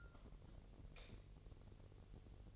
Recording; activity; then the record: daily activity, microphone in the room; light off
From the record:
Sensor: 4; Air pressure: 1012.8 hPa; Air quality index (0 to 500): 250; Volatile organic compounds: 4 ppm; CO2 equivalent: 1669 ppm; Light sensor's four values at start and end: 16/41/16/17 and 14/32/13/13